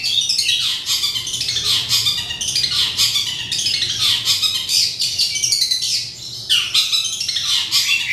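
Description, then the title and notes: Oriental magpie-robin giving harsh, scratchy chattering phrases with falling sweeps, repeated almost continuously with hardly a break. "Kicau Kacer. manukmanukan"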